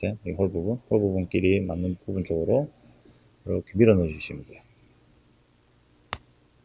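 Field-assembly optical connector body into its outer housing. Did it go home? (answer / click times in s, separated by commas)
yes / 6.1 s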